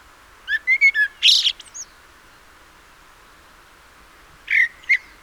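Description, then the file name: Common blackbird gives a brief burst of squeaky chattering notes and one harsh, noisy note. After a pause of about two and a half seconds, a few more squeaks follow. "Turdus merula"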